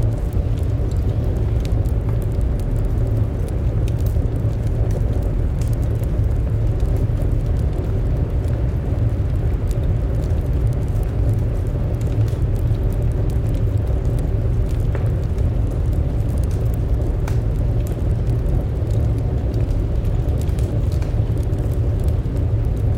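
A winter storm rumbles steadily outside, a deep, dense roar that holds at an even level for the whole stretch. Faint, scattered ticks and light taps come through on top, most noticeable around the middle, like crackles or gusts knocking at the glass.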